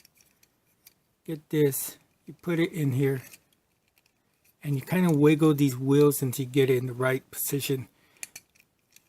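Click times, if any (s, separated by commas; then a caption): 8.2 s, 8.4 s. Plastic wheel parts of a Mechanic Studios MS-03 Heikew action figure (a Transformers G1 Pipes homage) are wiggled into the right position on the figure's body during transformation while someone talks. The wheels snap into place with sharp clicks at 8.2 s and 8.4 s, seating them.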